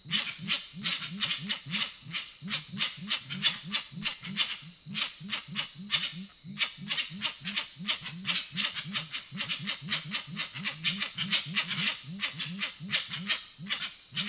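Grey-winged trumpeter calls: long, fast sequence of deep arched hoots, accompanied by steady sharp clicking.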